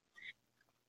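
A single brief, high, quack-like vocal burst from an adult: an animal-noise vocal tic of Tourette syndrome, in a person whose tics also include screaming and barking.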